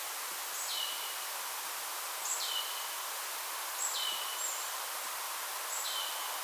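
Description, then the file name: Marsh tit calls, each a short high note dropping into a lower, steady whistle, repeated four times about every one and a half seconds over steady hiss. "Poecile palustris"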